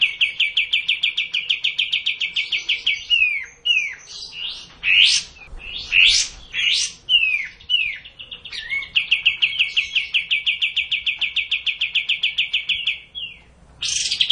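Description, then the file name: Streak-eared bulbul song mixing quick rattling trills with a run of loud, slurred, swooping whistles, then a long fast trill and one sharp rising note at the close. Masteran (training recording for cage birds). "kapas tembak masteran"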